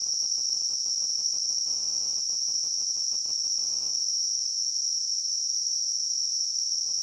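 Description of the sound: Simulated tinnitus: a continuous high-pitched, cricket-like buzzing tone, with a rapid pulsing chirp beneath it for the first four seconds.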